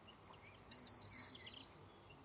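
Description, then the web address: Eurasian blue tit giving a high thin downslurred note followed by a quick, evenly pulsed trill. "cianscape birddata Deverinetal 2025 File origin Bird Only Cy Ca"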